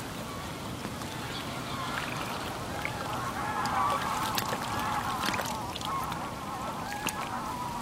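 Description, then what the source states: Goose honking from a flock, many overlapping nasal calls wavering together in a dense continuous chorus, with faint background noise. A flock flying up from one of a reserve's five lakes, in October, in autumn.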